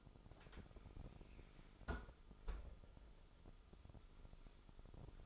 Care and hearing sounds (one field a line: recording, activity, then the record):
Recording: daily activity, microphone in the room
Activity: close fridge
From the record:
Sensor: 5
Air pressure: 988.6 hPa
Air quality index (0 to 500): 218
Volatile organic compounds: 119 ppm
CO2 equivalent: 3868 ppm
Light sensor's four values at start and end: 42/128/50/54 and 42/129/50/54